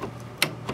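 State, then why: Seated. An old microfiber roller is pushed down into the openings of the service station on an RTI Vortex 4200 printer so that each end snaps into its holder clips. A sharp, bright click at 0.4 s stands out over a quiet background, with softer ticks near the start and at 0.7 s. The roller ends up seated between the clips on both sides.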